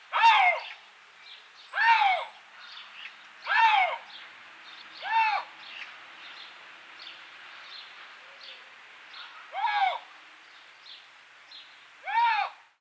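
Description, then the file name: Eurasian lynx calls, a series of six loud, harsh arched yowls, the first four evenly spaced, then a longer gap before the last two; faint quieter calls between. "Luchs Rufreihe"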